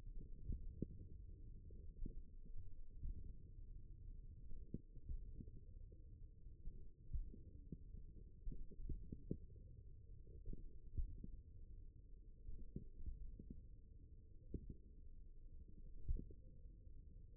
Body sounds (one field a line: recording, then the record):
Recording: forearm muscle sounds (acoustic myography)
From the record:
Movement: finger pinch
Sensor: system 1, eight BSWA MPA416 microphones around the upper forearm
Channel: 7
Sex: male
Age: 54 years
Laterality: right